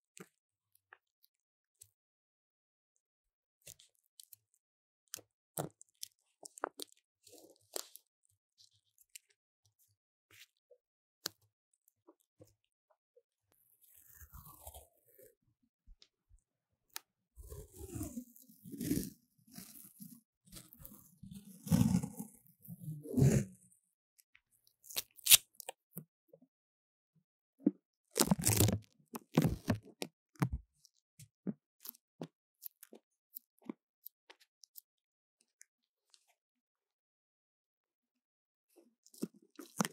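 Paper tape is handled and pressed onto a microphone, giving scattered soft clicks and taps through the first part. From about 14 to 24 seconds the crinkling and rustling grow dense and crunchy, with sharp loud bursts near 25 and 29 seconds before sparse ticks return.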